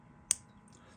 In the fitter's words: Closes with a nice click, and there we have it.